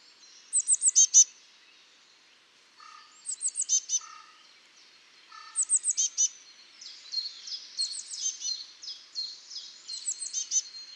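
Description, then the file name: Eurasian blue tit with short bursts of high, thin notes in quick groups of four or five, some dipping lower, followed by a longer run of buzzy high phrases. "Cyanistes caeruleus"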